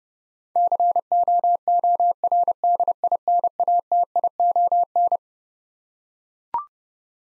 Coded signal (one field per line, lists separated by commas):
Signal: Morse code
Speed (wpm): 30 wpm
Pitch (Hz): 700 Hz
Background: none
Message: COORDINATION